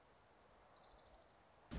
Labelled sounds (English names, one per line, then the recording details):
Orange-crowned Warbler
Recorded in Sonoma County, California